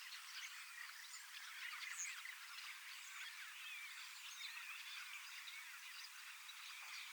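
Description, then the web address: Common starling flock in full chatter, a steady tangle of whistles, creaks and clicks. Large flock of young starlings practising their song in preparation for next spring; recorded 25 August 2026 in Finland. "paivat 25 8 2026 iso kottaraisten nuorisoparvi valmistautuu ensi kevaaseen lauluharjoittelemalla"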